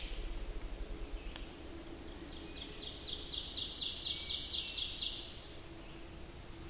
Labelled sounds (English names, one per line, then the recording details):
Ovenbird song
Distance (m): 90 m
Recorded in boreal forest in Alberta, Canada, on 28 May 2016 at 06:14
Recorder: SongMeter 3, array SBT-3-49
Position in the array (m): 88 m, 181 m
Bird 15